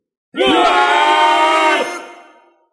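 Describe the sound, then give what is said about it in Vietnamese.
A crowd of more than ten thousand cultivators roars together in one sustained, unified shout lasting about a second and a half, loud and steady, then trailing off in a fading tail. No one speaks. “Khi người đàn ông trung niên áo đỏ đạo hàng cất tiếng nói, gã nghe hơn một vạn tu sĩ gầm lên.”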